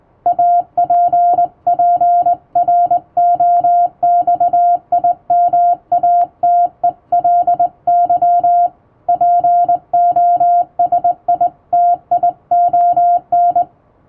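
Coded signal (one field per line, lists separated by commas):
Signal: Morse code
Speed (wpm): 20 wpm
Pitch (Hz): 700 Hz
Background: music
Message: APPROXIMATELY POSITION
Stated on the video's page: Hand-keyed Morse sent on a vertical straight key with correct posture, a basic sending lesson using an English-language telegram practice book.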